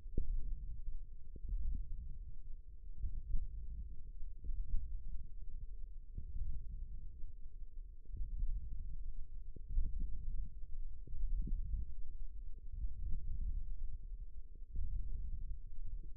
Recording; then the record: forearm muscle sounds (acoustic myography)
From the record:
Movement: index flexion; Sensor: system 1, eight BSWA MPA416 microphones around the upper forearm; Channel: 3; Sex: male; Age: 18 years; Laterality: right